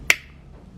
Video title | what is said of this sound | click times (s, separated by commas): Transcend Jetdrive 855 - Late Upload | hear that click so the first time | 0.1 s